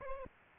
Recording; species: mosquito wingbeat signal from an infrared sensor; Aedes aegypti